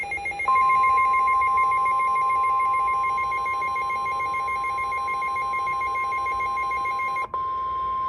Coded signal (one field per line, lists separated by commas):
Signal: Emergency Alert System (SAME) tones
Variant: 1050 Hz attention tone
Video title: A MODERATE BUST || EAS Alerts from 8/7/23 || EAS 878-905